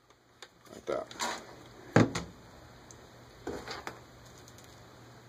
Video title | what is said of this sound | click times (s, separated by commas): 1- Polycom 450 Setup | and they all all these are key to make sure you put in the right direction and it should snap into place like | 0.4 s